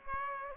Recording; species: mosquito wingbeat signal from an infrared sensor; Aedes aegypti